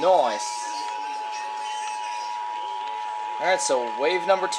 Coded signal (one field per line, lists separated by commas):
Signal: Emergency Alert System (SAME) tones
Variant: 853 and 960 Hz attention tone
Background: speech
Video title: Bonus FM Stations (EAS #3678 - 3682)